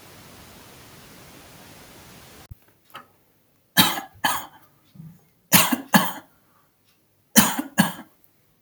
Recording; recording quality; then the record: shallow voluntary cough; excellent, no background noise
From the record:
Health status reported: healthy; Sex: male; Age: 24 years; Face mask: not worn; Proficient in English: yes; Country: India